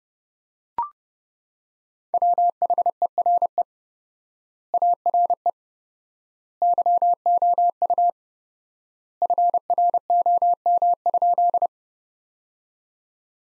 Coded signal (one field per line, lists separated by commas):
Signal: Morse code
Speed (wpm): 29 wpm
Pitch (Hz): 700 Hz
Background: none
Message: WHERE ARE YOU FROM?